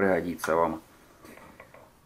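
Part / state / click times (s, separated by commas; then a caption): lid of a mini washing machine / released / 1.6 s, 1.8 s. Someone talks, then the lid of a mini washing machine is opened: it gives a click at 1.6 s and another at 1.8 s as it drops open on its spring. The lid is released.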